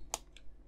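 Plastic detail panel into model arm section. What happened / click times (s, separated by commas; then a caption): The plastic panel snapped flush into place / 0.1 s. A plastic detail panel is pushed into place on the side of the right arm section of a Mark III Iron Man armour model. A sharp click sounds at 0.1 s, followed by a fainter tick around 0.4 s and a very faint one near 0.7 s. The panel sits flush and seated.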